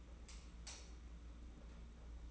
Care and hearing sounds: daily activity, microphone in the room; light off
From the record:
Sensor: 1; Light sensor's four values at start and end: 20/61/25/25 and 10/22/9/10

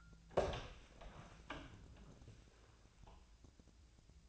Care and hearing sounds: daily activity, microphone in the room; open door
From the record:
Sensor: 2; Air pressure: 1000.3 hPa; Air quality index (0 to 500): 170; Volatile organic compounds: 3 ppm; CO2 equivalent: 1411 ppm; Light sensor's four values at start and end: 10/24/10/11 and 10/25/10/11

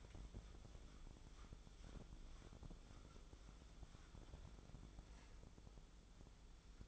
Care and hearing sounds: daily activity, microphone in the room; wipe stove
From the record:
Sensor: 5

